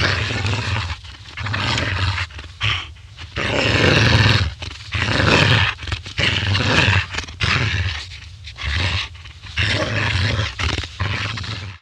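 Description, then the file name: Dog growl: harsh, deep rumbling bursts of varying length, broken by brief pauses, continuing steadily across the whole stretch. "Digiffects Sound Effects Library - Dog Growling Version 2"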